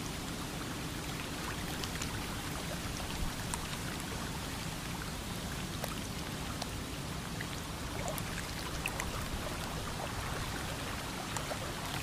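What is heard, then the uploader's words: A creek runs in a steady, dense rush that never lets up across the twelve seconds, with a strong low rumble underneath. Small bright ticks and splashes flicker through the hiss at irregular moments, like scattered drops on water. Sitting in the Shade by the Creek on a Windy Afternoon.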